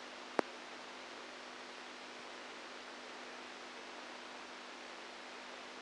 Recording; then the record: brain microelectrode recording played as sound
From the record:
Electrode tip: outside the subthalamic nucleus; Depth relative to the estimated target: 3 mm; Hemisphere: right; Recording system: NeuroSet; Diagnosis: Parkinson's disease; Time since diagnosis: 10 years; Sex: female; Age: 67 years